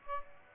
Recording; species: mosquito wingbeat signal from an infrared sensor; Aedes aegypti